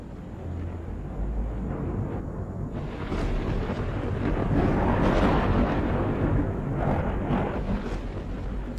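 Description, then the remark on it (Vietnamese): Thunder cracks and rolls across the sky with a heavy, sustained low rumble, with several sharp bursts breaking out near the middle and end. It grows louder partway through and no one speaks. “Vừa lúc ấy, ở trên trời cao, những tiếng nổ đoàng đoàng vang lên, là những tiếng sấm sét cắt ngang bầu trời.”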